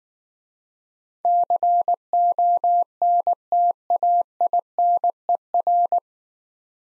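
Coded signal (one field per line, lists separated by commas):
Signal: Morse code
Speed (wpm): 19 wpm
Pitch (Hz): 700 Hz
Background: none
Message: CONTAINER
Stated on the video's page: Morse code practice set of easy words at 15 wpm with contextual hints.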